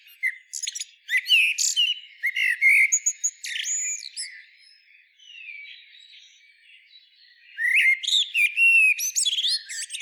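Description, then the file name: Common blackbird giving bursts of high, squeaky, chattering twitters with scratchy whistled slurs, a quiet pause midway, then another rapid burst near the end. "Turdus merula"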